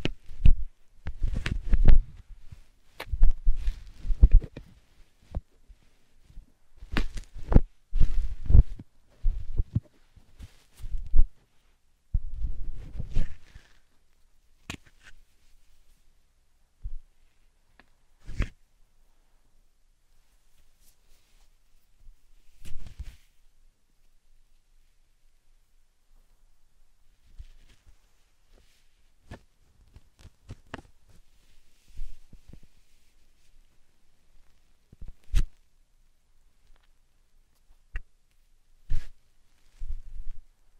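Slime and sand triggers: soft squelching, pressing and crackling sounds come in dense clusters during the first fifteen seconds, with low thumps beneath. After that the handling thins out into sparse taps and sharp clicks separated by near silence, with a few brief bursts toward the end.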